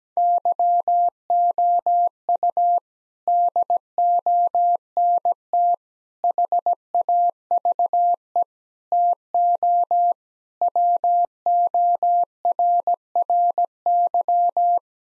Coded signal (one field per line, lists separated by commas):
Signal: Morse code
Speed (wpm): 17 wpm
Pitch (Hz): 700 Hz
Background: none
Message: YOU DONT HAVE TO WORRY